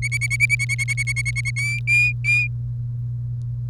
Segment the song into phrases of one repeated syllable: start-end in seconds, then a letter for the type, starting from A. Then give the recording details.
0.02-1.51 A, 1.56-2.47 B. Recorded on 1 May 2018 at 08:22. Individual llb3